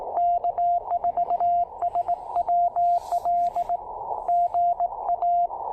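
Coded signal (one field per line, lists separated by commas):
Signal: Morse code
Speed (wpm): 20 wpm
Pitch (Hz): 700 Hz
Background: radio noise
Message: K4SWL GA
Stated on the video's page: QRP POTA CW activation on 40 meters using a Yaesu FT-817ND with a new filter, a pressure paddle and an MC-750 antenna.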